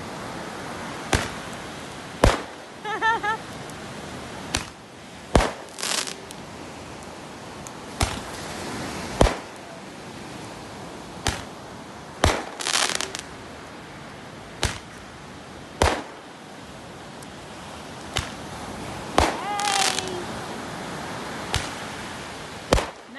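Fireworks go off at a beach party as sharp, bright cracks that land every second or two across the whole stretch. Some bursts carry a brief rising whistle or fizzing crackle. A steady outdoor hiss of crowd and surf sits underneath.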